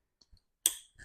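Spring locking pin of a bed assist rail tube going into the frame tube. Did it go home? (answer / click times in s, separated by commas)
yes / 0.7 s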